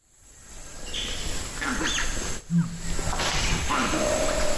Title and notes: "Palabras" del lenguaje natural de los monos de Campbell, en Sierra Leona.